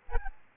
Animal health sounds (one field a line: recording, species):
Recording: mosquito wingbeat signal from an infrared sensor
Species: Aedes albopictus